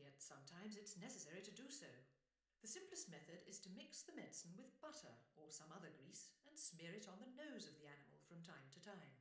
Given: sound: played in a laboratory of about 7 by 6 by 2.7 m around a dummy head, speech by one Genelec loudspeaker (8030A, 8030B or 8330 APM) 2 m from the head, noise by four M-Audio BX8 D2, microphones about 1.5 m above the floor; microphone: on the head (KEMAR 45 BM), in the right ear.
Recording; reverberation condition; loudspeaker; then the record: female speech in English; medium; 90 degrees to the right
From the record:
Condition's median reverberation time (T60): about 510 ms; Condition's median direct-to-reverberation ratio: about -0.5 dB